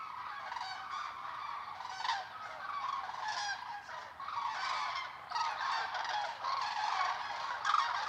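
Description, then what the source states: Common crane flock trumpeting, a thick wall of overlapping rolling calls, with louder bursts every second or two. Flock of common cranes (Grus grus) at a migration stopover, Lac du Der reservoir, eastern France, November; over 200,000 counted; Nagra Seven, MKH8020 stereo.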